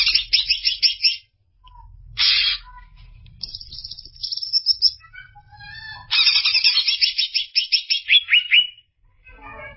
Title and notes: Kicau Burung Cucak Ijo. Suara kicauan burung cucak ijo